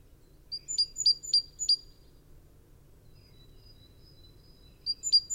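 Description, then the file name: Great tit call, four quick ringing notes, a long quiet gap with faint high notes, then another burst at the end. "Parus major"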